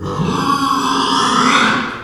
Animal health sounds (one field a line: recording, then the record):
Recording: squeal of a Yucatan mini pig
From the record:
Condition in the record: after surgery on the right vocal fold (resection and tissue-engineered implant)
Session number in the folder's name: 15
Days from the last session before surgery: 175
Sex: female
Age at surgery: 19 weeks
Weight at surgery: 25 kg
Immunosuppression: prednisolone